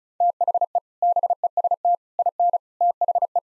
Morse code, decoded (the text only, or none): THE BEST IN THE